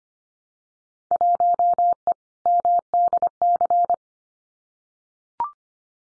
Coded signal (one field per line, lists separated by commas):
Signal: Morse code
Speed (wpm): 25 wpm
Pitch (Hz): 700 Hz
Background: none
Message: 1E MDC